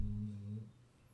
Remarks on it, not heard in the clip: You hear this motherfucker snoring? That's the dog. The dog is in the kennel about 20 feet away.